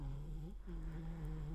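A low, steady, humming drone with a slight buzz, broken by one short pause where the breath turns over. This is dogs snoring while asleep indoors, a normal sound.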